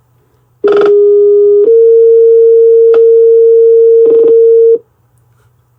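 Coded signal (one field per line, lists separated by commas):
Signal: two-tone page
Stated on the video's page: Paging tones sent from a RediTALK-Flex radio dispatch console: manual, group, stack and all-call pages, with alert tone.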